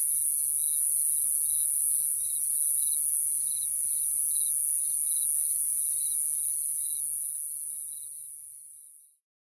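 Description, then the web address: Round-tipped conehead song, a continuous very high hissing buzz with a faint pulsing lower tone beneath, holding steady, then fading slightly before cutting off abruptly near the end. North America. "Songs of Insects. Round-tipped Conehead"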